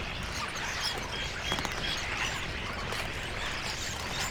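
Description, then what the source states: Common starlings chattering together, a dense wash of scratchy notes and a few clear whistles, fairly even in loudness throughout. A flock of starlings; recording by Fred Jüssi.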